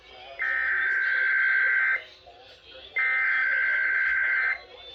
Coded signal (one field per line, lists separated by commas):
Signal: Emergency Alert System (SAME) tones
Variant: header bursts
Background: speech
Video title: IPAWS Open Feed Configuration Weekly Test (KEVN Endec Relays) 5-16-22 (EAS#350-351)